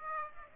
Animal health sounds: mosquito wingbeat signal from an infrared sensor; Aedes aegypti

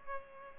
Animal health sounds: mosquito wingbeat signal from an infrared sensor; Culex pipiens

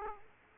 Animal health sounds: mosquito wingbeat signal from an infrared sensor; Aedes aegypti

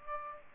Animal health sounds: mosquito wingbeat signal from an infrared sensor; Aedes aegypti

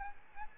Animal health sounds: mosquito wingbeat signal from an infrared sensor; Aedes albopictus

